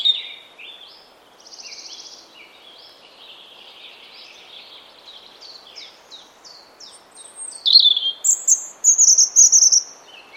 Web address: cianscape birddata Deverinetal 2025 Bird Only Er Ru